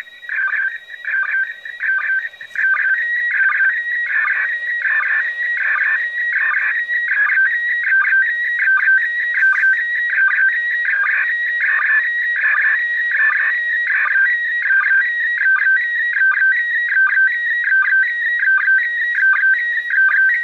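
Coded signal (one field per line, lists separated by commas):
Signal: SSTV (slow-scan television)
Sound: warbling tone shifting between pitches, with a rhythmic chirpy sync tick repeating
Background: radio static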